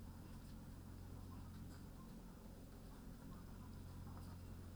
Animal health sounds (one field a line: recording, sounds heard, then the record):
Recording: poultry house recording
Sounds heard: sick chickens (respiratory disease)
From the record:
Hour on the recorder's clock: 14